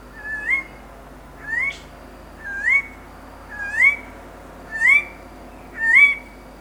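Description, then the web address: Tiger parrot giving sharp upslurred whistles, six in a row at roughly one-second intervals, each clear and ringing above faint background hiss. "parrots psittacella"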